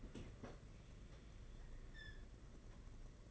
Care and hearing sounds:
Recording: daily activity, microphone in the room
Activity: open fridge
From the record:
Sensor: 4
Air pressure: 992.7 hPa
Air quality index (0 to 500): 168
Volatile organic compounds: 237 ppm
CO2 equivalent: 4324 ppm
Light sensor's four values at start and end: 19/65/24/25 and 19/65/24/25

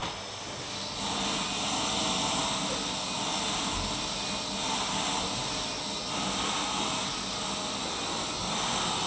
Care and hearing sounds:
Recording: daily activity, microphone in the room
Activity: vacuum cleaning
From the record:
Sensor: 1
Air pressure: 1010.2 hPa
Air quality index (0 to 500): 173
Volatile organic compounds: 13 ppm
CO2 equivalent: 2381 ppm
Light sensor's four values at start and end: 49/127/53/66 and 51/132/54/68

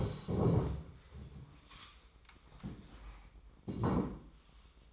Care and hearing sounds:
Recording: daily activity, microphone in the room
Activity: stand up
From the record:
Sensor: 1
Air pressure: 1005.3 hPa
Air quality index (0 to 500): 124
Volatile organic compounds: 5 ppm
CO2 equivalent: 1732 ppm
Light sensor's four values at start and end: 11/27/11/12 and 11/26/10/11

